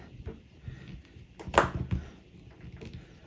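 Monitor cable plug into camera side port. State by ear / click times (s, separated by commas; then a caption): seated / 1.6 s. A monitor cable plug for a Viltrox 550 Pro field monitor is pushed into the side port of a DSLR camera, handled gently because the plug is delicate and bends. Faint handling taps and rustles lead up to a sharp click at 1.6 s as the plug seats in the port, followed by a few softer taps.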